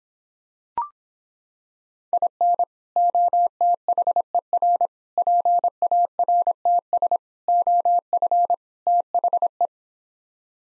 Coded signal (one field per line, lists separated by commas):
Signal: Morse code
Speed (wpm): 26 wpm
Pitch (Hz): 700 Hz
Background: none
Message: IN OTHER PARTS OF THE